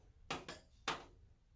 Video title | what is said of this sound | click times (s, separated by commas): Let's Build a PC! | all that kind of stuff it should click all the way through yeah there you go | 0.3 s, 0.9 s